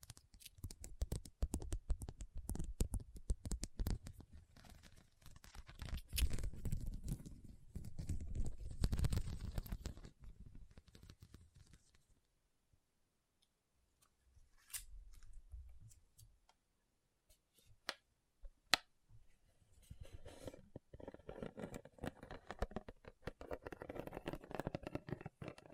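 Rhinestone tapping and scratching in dense crackly bursts, quieting mid-clip with a few sharp clicks, then softer scratching returning toward the end.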